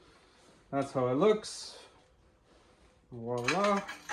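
The Ez-Stow pivoting tow hitch arm on its mount on an Eskimo Eskape 2400 ice fishing sled is handled while someone talks, with a brief hiss of handling noise between the two stretches of speech. The arm has not yet locked into position, and nothing has seated or clicked yet.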